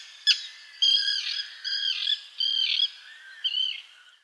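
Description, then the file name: Common tern calling: a sharp note followed by four drawn-out harsh, grating kee-arr cries in steady succession. "Sterna hirundo"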